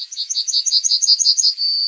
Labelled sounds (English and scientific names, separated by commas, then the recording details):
Yellowhammer (Emberiza citrinella) song
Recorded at under 5 m from the bird
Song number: 140